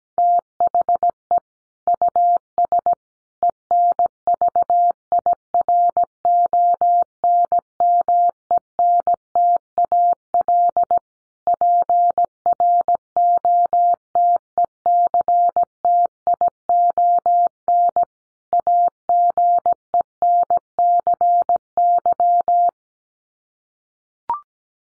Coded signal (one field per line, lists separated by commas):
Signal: Morse code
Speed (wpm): 17 wpm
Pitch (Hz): 700 Hz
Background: none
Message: THE US ENVIRONMENTAL PROTECTION AGENCY